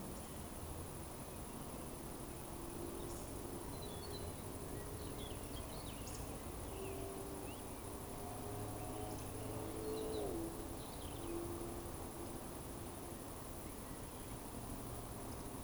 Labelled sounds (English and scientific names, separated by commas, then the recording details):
Eurasian Woodcock (Scolopax rusticola) whistle
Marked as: whistle, whistle, whistle, whistle, whistle
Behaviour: display flight
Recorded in Baden-Württemberg, Germany, on 25 June 2020 at 19:49 UTC
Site 24578, 122 m above sea level